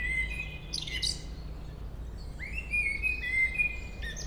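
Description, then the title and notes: Common blackbird song: a drawn-out mellow whistle with high thin twittering, then a rising fluty phrase, over steady low background noise. Local blackbird singing along Chemin des cris, Chindrieux, France. "Chemin des cris, 73310 Chindrieux, France - Merle. Un beau chant de merle local"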